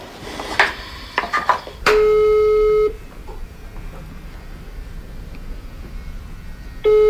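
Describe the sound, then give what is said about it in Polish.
A few quick taps, then a steady mid-pitched electronic ringing tone of a phone call to a grandfather sounds for about a second, falls silent for a long pause, and starts again at the end. “Na kamerkę, czy nie? Nie. Dziadek ma jeszcze starszy telefon.”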